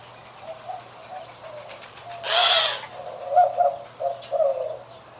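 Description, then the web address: Bird giving short, low hooted notes in a loose series, with a brief noisy burst partway through, over faint background hiss. "Deverinetal 2025 File origin Bird Only"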